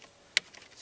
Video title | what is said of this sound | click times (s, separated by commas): How to change a car battery | push that down snap | 0.4 s